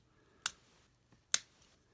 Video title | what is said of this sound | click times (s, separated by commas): Lupinranger VS Patranger Mini Pla VS Vehicle Gattai Series 02 PatKaiser Review | unpeg the legs from each other, and extend them out. You'll hear them click into place. | 0.5 s, 1.3 s